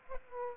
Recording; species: mosquito wingbeat signal from an infrared sensor; Aedes aegypti